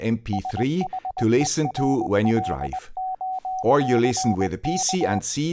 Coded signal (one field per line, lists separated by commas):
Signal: Morse code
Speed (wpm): 20 wpm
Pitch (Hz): 750 Hz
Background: speech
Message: SHERLOCK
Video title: 013 My Video Proposals for this week (incl. most viewed HAM radio video)